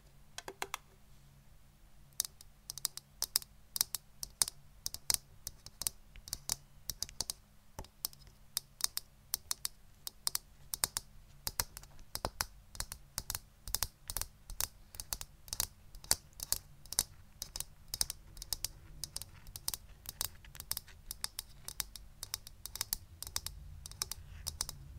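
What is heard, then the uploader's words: Tapping in quick, irregular bursts of sharp clicks, much like typing on a keyboard, starting after about two seconds and continuing to the end. The taps are crisp and bright, some louder than others, over a soft low rumble that stays steady underneath. ASMR Best Tapping.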